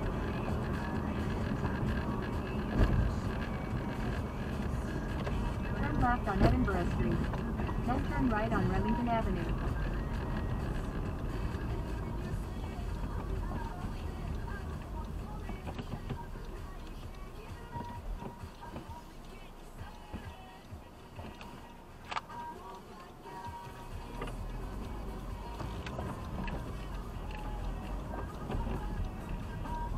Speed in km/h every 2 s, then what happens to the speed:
61, 58, 55, 52, 44, 36, 27, 13, 8, 3, 0, 0, 14, 18, 24.
0-19 slows to 0. 19-22 standing. 22-30 pulls away to 24.